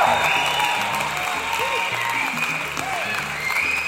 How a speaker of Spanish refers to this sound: Aplaudimos y vitoreamos frente a los micrófonos a Enza García.